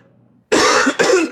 Dry harsh double human cough.